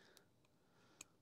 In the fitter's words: that's not a very positive click. Lordy.